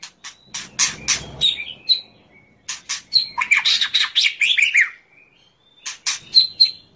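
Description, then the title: White-rumped shama song of quick chirps, harsh squawky notes and descending whistled phrases, with brief silent gaps between bursts. Song used as a training master for other cage birds to learn from. "MURAI BATU LABAIK"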